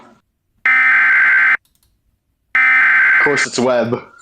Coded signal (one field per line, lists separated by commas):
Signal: Emergency Alert System (SAME) tones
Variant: header bursts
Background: speech